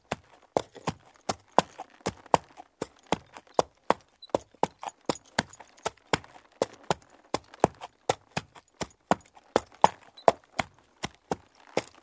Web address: le cheval marche sur le sol